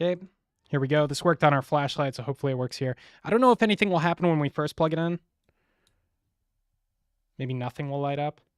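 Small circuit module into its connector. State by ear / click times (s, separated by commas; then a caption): not seated / none. A small circuit module is handled at its connector while someone talks, with two faint ticks near 5.5 s and 5.9 s during a pause. The clip ends before the module goes in, so nothing has seated or clicked yet.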